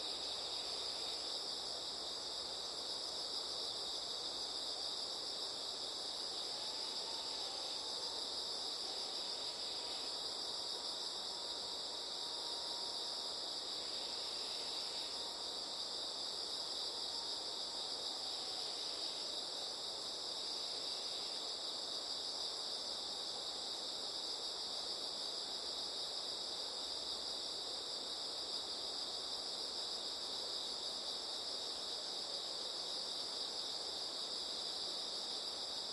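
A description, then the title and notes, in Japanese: An autumn morning in a riverside forest, filled with a dense, unbroken chorus of crickets and other insects trilling high and steady throughout. A faint low rumble sits underneath, with a soft whine drifting past early on, perhaps a train. 秋めく多摩川の森の朝。まだ残暑が厳しいとはいえ、朝は幾分すずしくなってきました。川から少し離れた場所にある森に入り休んでいると、あたりから聞こえてくる音も毎日少しずつ変わっていることに気づきます。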